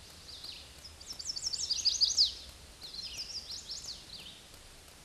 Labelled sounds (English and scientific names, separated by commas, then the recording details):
Chestnut-sided Warbler (Setophaga pensylvanica) song
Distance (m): 40 m
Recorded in a Pennsylvania forest on 18 May 2023 at 09:52
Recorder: AudioMoth, point grid1_38_low
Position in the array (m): 214 m, 131 m